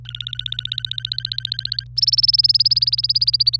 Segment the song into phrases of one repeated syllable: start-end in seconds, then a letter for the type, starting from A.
0.05-1.84 A, 1.97-3.56 B